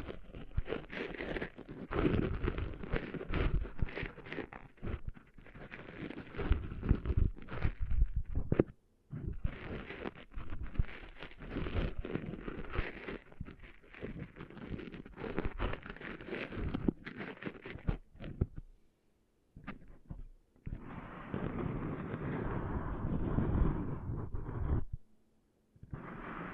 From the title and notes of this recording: ASMR Cleaning Sand Out of Your Ears (No Talking).